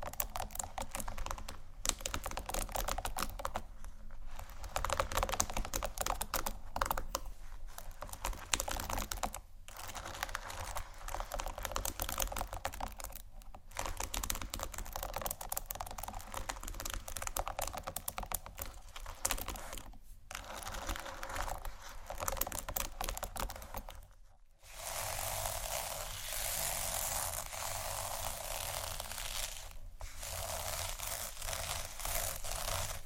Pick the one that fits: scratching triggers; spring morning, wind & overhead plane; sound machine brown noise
scratching triggers